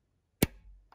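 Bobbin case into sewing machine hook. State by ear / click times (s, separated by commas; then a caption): seated / 0.4 s. A sewing machine bobbin, loaded in its bobbin case, is pushed into the hook area of a longarm quilting machine. The case snaps in with a single sharp click at 0.4 s, showing the bobbin is set correctly. A faint tick follows near the end of the clip.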